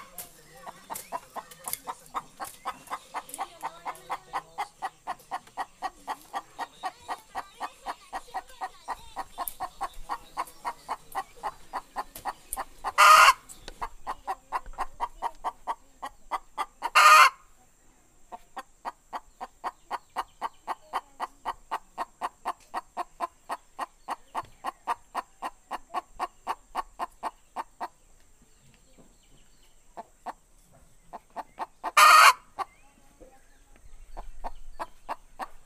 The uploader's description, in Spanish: Sonido de una gallina empollando en una comunidad agrícola del departamento de Colón, al norte de Honduras.